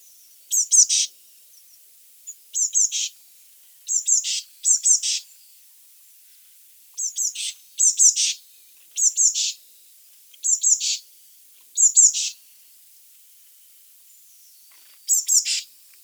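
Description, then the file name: Eurasian blue tit calls, high thin notes each followed by a short buzzy churr, repeated many times. "Cyanistes caeruleus"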